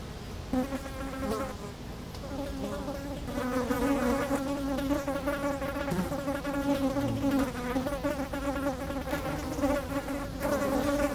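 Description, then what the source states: Fly: flies buzzing, several wavering drones rising and falling in pitch, continuous throughout with a light background hiss. Flies feeding on dung, close-up; Chemin de Lombardil, Fenouillet, France, near Blagnac airport; windy day; recorded with Sennheiser MKH8040 ORTF pair and SD MixPre6.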